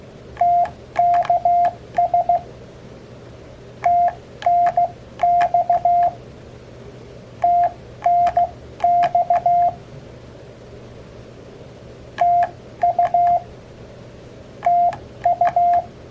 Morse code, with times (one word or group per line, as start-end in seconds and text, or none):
0.4-2.4 TKS
3.9-6.1 TNX
7.4-9.7 TNX
12.2-13.4 TU
14.7-15.8 TU